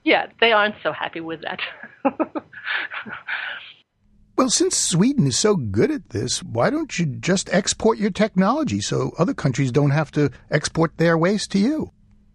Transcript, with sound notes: Yeah. They aren’t so happy with that. [Laughs.]
Well, since Sweden is so good at this, why don’t you just export your technology so other countries don’t have to export their waste to you?